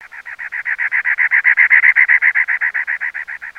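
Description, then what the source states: Bird giving a rapid, even trill of mid-pitched pulsed notes that swells and then fades slightly over a few seconds. Jungle bird call within a forest ambience.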